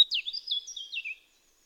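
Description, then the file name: Eurasian blackcap giving one short phrase of about a second, quick twittering notes that waver up and down before falling slightly at the end. "Sylvia atricapilla"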